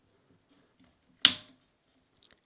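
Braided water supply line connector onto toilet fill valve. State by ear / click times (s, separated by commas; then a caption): seated / 1.3 s. A braided click-seal water supply line connector is hand-tightened onto a toilet fill valve, with no wrench used, and a single sharp click sounds at 1.3 s. The click shows the connector is tight enough and sealed, and two faint ticks follow near 2.2 s and 2.3 s.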